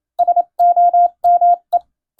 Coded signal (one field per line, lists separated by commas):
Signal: Morse code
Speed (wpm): 27 wpm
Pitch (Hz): 700 Hz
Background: none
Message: SOME